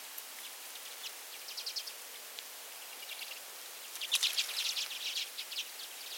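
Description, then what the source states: Common redpoll calls: short, dry, rapid chattering bursts in loose series, strongest in the second half, over a constant high hiss. Nominate subspecies flammea.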